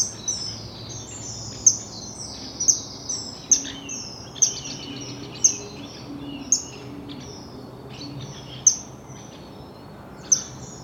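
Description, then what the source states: Common kingfisher giving a series of shrill, piercing whistled notes. Call; recorded April 2025.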